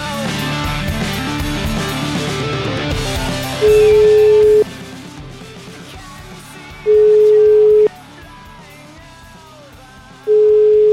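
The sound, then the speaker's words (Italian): A phone line rings out on an outgoing call from Radio 24 to a listener's daughter: steady, mid-pitched ringback tones lasting about a second each, repeating at regular intervals, three in all, over a bed of background music. “Chiamiamola la figlia, perché lei non si può più chiamare, perché non c'ha più telefono fisso.”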